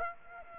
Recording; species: mosquito wingbeat signal from an infrared sensor; Aedes aegypti